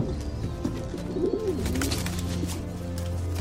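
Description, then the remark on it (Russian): A carrier pigeon, landing on the ledge of a dirty window, coos in soft, low, throaty warbles, rising and falling over a few seconds against a steady background hum, with faint higher chirps scattered through. “На карниз грязного окна прилетает почтовый голубь.”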